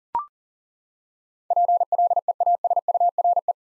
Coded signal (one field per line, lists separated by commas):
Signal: Morse code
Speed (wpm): 40 wpm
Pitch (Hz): 700 Hz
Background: none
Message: PLEASURE